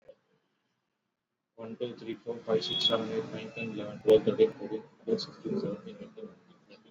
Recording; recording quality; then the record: counting at a fast pace; moderate, slight background noise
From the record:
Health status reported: exposed to COVID-19, no respiratory illness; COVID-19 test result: not tested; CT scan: not taken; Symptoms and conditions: cough, cold, fever, fatigue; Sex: male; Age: 30 years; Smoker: no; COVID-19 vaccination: both doses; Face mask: worn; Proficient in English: yes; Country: India